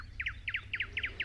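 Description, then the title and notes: Thrush nightingale song: a fast rhythmic series of paired chipping notes, each pair repeated about every quarter second, over a low background hum. "Satakieli. Pertti Purhonen"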